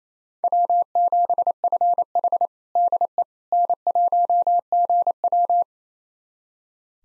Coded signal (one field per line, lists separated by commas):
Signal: Morse code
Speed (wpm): 28 wpm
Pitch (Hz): 700 Hz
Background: none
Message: W7FH DE N1GW